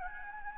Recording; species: mosquito wingbeat signal from an infrared sensor; Anopheles gambiae